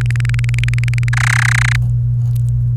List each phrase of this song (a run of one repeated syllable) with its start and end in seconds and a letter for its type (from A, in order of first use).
0.01-1.09 A, 1.13-1.77 B